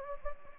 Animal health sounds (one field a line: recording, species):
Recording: mosquito wingbeat signal from an infrared sensor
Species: Anopheles gambiae